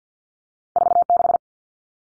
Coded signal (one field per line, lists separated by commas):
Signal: Morse code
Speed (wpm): 48 wpm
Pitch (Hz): 700 Hz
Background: none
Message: 46